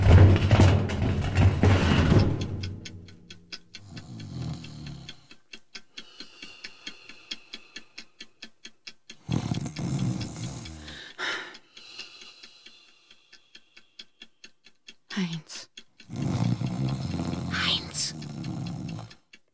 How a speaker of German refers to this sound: Fingerstechen, dieses Schnarchen unterbrechen. Halt ihm mal die Nase zu, dann hat die liebe Säge Ruhe.